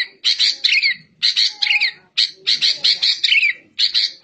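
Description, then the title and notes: Bird song, scratchy buzzy chatter with interwoven whistled slurs, in short loud phrases with brief gaps. Bird song used for training caged birds. "MASTERAN BURUNG. suarane manok"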